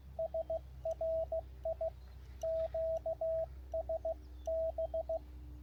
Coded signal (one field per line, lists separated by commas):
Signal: Morse code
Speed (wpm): 16 wpm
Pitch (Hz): 650 Hz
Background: radio noise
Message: SRI QSB